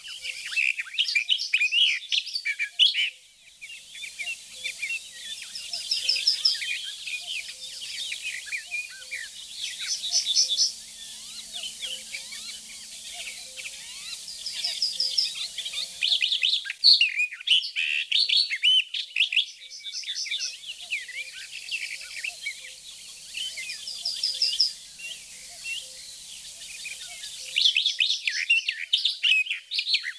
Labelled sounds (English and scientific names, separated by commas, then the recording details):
Barred Warbler (Sylvia nisoria) song
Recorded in the wild
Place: Flögelner See, Schleswig-Holstein, DE
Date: 1985-05-24
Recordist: Schwarz, Dieter